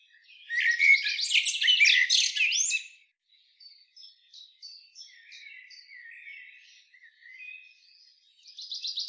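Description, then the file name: Common blackbird calling with a loud two-second burst of rapid high chattering, followed by soft scattered chirps and a short buzzy trill at the end. "Turdus merula"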